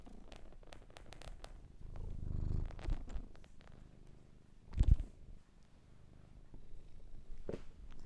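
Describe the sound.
Cat purring in a low, rumbling drone, with a few louder bursts and scattered clicks and rustles throughout.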